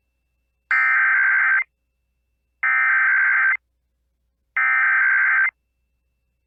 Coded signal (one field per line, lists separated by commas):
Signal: Emergency Alert System (SAME) tones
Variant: header bursts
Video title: EAS Required Monthly Test (Iowa Statewide) +WeatherSTAR4000 August 2020